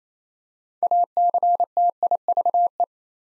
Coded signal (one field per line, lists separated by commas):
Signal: Morse code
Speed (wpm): 27 wpm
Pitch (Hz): 700 Hz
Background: none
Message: ACTIVE